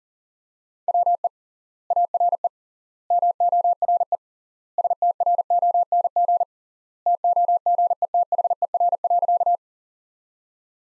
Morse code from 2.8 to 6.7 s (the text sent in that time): MORE STRONG